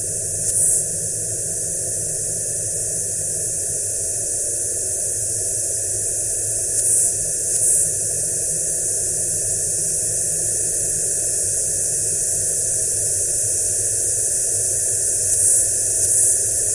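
A field recording on the night of San Juan, dominated by a steady, dense hiss with a low rumble underneath and a couple of thin, unchanging tones in the middle. A few brief, bright crackles break through around the start, near seven seconds and near sixteen.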